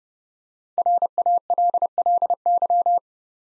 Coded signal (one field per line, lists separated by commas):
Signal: Morse code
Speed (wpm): 30 wpm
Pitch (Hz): 700 Hz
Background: none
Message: RALLY